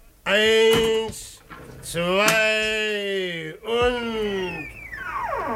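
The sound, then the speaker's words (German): A cellar door creaks open in three long, drawn-out squeals, each a loud, rasping tone that wavers in pitch, with a short click between pulls and a fading downward glide at the end. “Hier ist die Tür zum Keller.”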